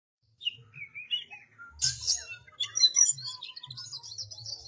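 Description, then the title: Oriental magpie-robin song opening with descending whistled notes, then a harsh burst and a flow of sweet, fast-changing high phrases, with a soft low hum behind. "Kacer"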